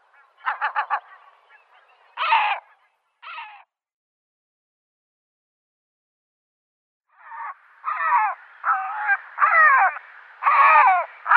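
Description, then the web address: Great black-backed gull giving a few harsh stuttered notes and barks, then a gap of silence, then a steady run of hoarse calls. "Schulze Peter Great Black-backed Gull"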